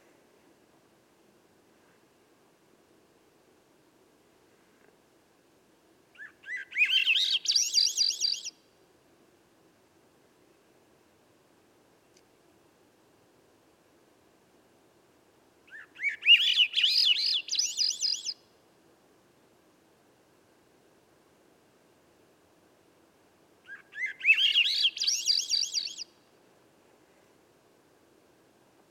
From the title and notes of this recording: I was gifted this song last night by a little Swainson's Thrush that lived around my campsite. Recorder: Sound Devices MixPre6 microphone: MicBooster Pluggy, mounted in a Wildtronics Universal Parabolic dish. Original wav recording at 24bits, 192k.